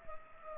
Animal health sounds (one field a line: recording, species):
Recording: mosquito wingbeat signal from an infrared sensor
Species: Culex pipiens